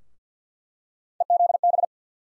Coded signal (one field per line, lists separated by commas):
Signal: Morse code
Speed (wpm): 49 wpm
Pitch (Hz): 700 Hz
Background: none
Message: EZB